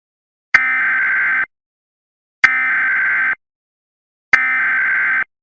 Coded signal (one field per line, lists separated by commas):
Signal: Emergency Alert System (SAME) tones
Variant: header bursts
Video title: War of the Machines (EAS Scenario)